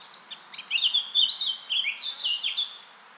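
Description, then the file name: Eurasian blackcap song, a rapid run of warbled, twittering notes with brief fluty whistles, over a soft hiss. "Sylvia atricapilla"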